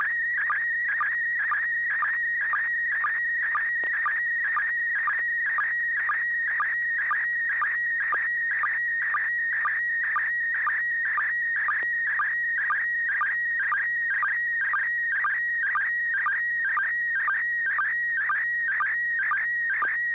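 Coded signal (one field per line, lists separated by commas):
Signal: SSTV (slow-scan television)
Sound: warbling, buzzing tone scanning steadily, with a regular short low chirp about twice a second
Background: low hum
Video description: River City ARCS SSTV Net 9 pm Wednesdays Pacific Time on N6NA FM repeater 441.300 MHz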